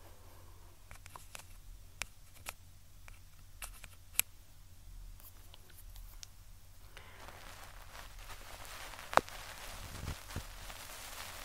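Ear cleaning sounds: sparse sharp clicks and taps over a low, steady hum, with sharper pops near 2, 4 and 9 seconds. From about 7 seconds a brighter, continuous brushing and scratching rustle sets in and runs to the end.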